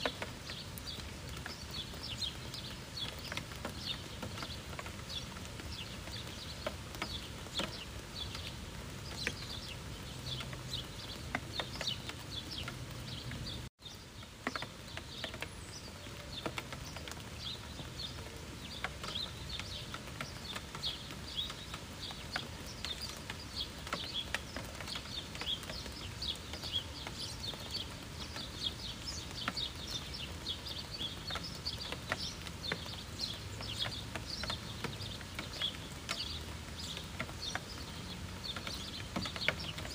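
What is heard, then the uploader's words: Gentle rain patters steadily throughout, a dense, even spread of soft taps with a low rumble underneath. Birds chirp faintly in the background, with bright little calls scattered across the clip. Around fourteen seconds the sound drops out for a brief moment before resuming. Gentle rain with chirping birds. Gentle rain putter patter with birds chirping in the background.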